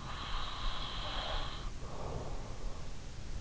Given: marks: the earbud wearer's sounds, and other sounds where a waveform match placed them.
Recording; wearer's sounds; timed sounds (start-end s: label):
sounds in sleep by an in-ear microphone; breath
0.05-3.02 s: breath